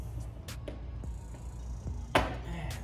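The lower tab of an aftermarket 777 Performance GT500-style front bumper cover on a Ford Mustang GT is lined up and pushed into a plastic insert on the body, working from the center out. Over a low, steady background hum with a few faint taps, a single sharp snap sounds at 2.2 s as the tab seats into the insert.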